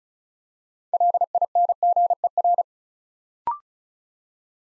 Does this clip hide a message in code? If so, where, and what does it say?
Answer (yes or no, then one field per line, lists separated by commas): yes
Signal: Morse code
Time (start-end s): 0.9-2.6 s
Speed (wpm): 36 wpm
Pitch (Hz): 700 Hz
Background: none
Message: LINGER